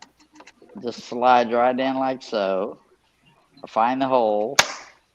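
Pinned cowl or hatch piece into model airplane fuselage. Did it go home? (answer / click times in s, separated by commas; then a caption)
no / none. Someone talks while lining up the front pin of a pinned cowl or hatch piece with its hole on a control-line model airplane fuselage, sliding the pin down toward it. A brief sharp tap is heard near the end, but the piece has not seated or clicked into place yet.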